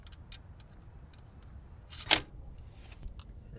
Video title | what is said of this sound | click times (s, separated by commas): 2008-2014 Subaru WRX Alternator Replacement | Reconnect your green connection right here. Snap in place. | 2.1 s